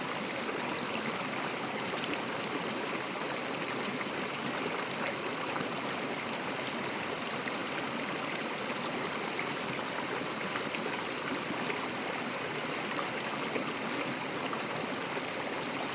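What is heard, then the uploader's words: Water cascades steadily down a mountainside, a dense, unbroken rush that holds the same level throughout. The sound is full, with a bright hiss over a churning low body and small splashing flickers running through it, and nothing else intrudes. The Garden Of Eden Waterfalls. A little oasis that has a series of waterfalls that cascade down a mountain from a little hidden gem called the “garden of eden” in the Pikes Peak Region of the Rocky Mountains in Colorado. You are surrounded by green moss covering the giant boulders and rocks.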